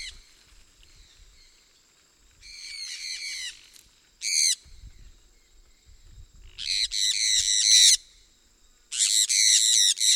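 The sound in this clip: Sun parakeet calling in harsh, grating screeches, bunched into noisy bursts separated by pauses, with faint low rustling between.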